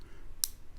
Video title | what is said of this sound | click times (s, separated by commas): Streamlight TLR-1 HL-X (Their Brightest Pistol Light Ever) | and then you hear like a little click that means we're locked in | 0.4 s